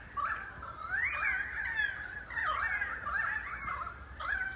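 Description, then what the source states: Pied Currawongs calling together, several birds giving swooping whistled notes that rise and fall and overlap, with a soft low rumble beneath. About 30 birds calling in messmate eucalypt treetops from about 200 metres away, Dandenong Ranges east of Melbourne, Australia.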